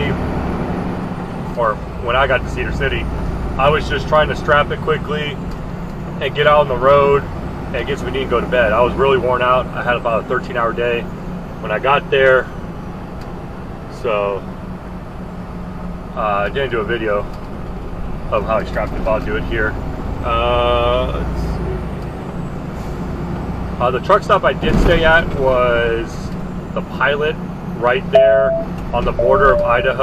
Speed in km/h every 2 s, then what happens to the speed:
40, 44, 45, 45, 47, 47, 44, 44, 42, 42, 44, 45, 45, 45, 45.
0-8 speeds up to 47. 8-30 steady at about 45.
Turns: none.